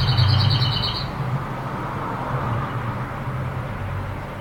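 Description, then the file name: Lesser whitethroat song: a quick dry rattle of repeated high notes lasting about a second, then it stops, over a steady low rumble. "hernekerttu"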